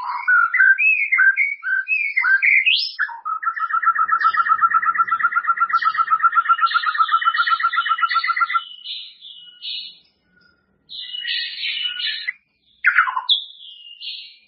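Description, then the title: White-rumped shama sings twisting whistles, then a long steady rapid trill lasting several seconds, followed by scratchy high phrases and pauses. "murai batu"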